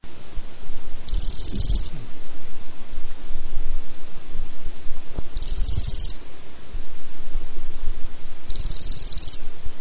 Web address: cantos rayadito